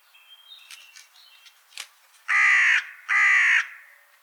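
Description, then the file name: Carrion crow uttering two loud, rasping caws close together, preceded by soft, thin chirps and clicks. "Corvus corone"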